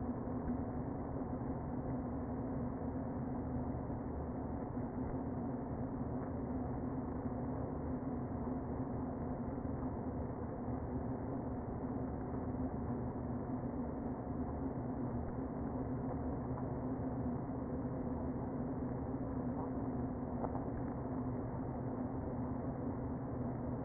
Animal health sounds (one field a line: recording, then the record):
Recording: honeybee colony, microphone inside the hive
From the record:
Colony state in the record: queen present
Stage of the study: before two queens were removed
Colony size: about 60,000 bees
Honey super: yes